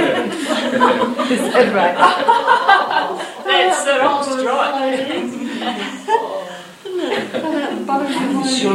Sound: lots of comments and laughter